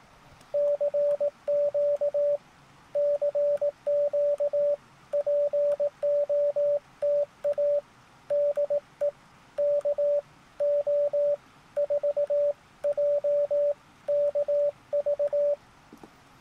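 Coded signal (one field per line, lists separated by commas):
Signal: Morse code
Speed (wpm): 18 wpm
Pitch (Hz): 580 Hz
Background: radio noise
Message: CQ CQ POTA DE KO4JKV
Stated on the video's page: CW on a crowded, shifty 40 metre band during an outdoor Parks on the Air activation, mostly hunting other parks.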